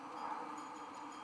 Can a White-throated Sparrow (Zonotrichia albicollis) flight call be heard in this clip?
no